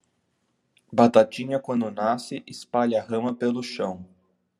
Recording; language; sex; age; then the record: short text; Brazilian Portuguese; male; 20 to 29 years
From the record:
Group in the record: control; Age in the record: 26 years